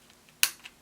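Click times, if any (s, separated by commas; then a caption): 0.4 s. A second Joy-Con controller is slid onto the other side rail of a Monster Hunter Rise Nintendo Switch handheld console. Faint sliding ticks near 0.1 and 0.3 seconds lead to a loud, sharp plastic latch click at 0.4 seconds, followed by a softer tick around 0.7 seconds. The controller seats fully on the rail.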